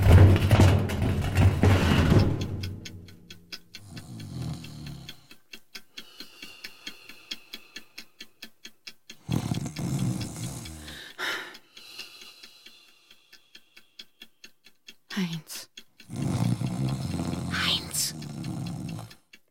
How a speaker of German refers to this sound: Fingerstechen, dieses Schnarchen unterbrechen. Halt ihm mal die Nase zu, dann hat die liebe Säge Ruhe.